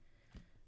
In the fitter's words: no, that came off now and I had it clicked in.